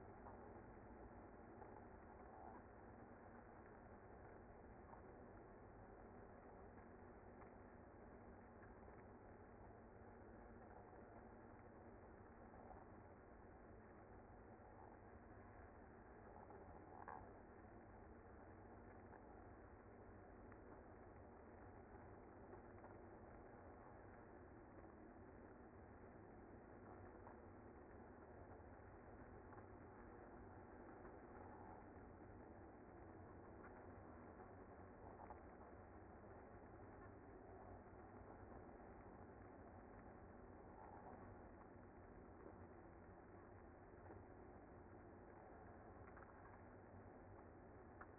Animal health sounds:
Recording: honeybee colony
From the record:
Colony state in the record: active

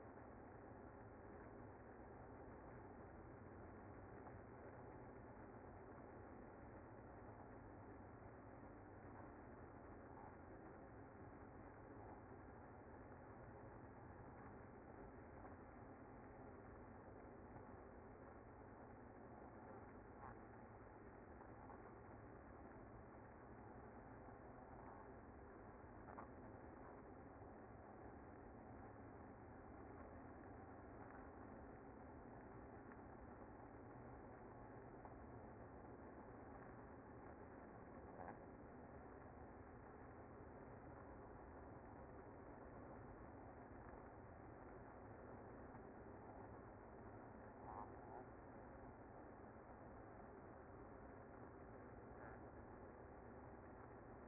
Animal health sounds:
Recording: honeybee colony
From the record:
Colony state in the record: active

